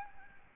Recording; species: mosquito wingbeat signal from an infrared sensor; Aedes albopictus